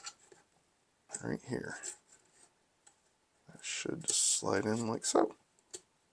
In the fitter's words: Perfect. And now it's locked into place.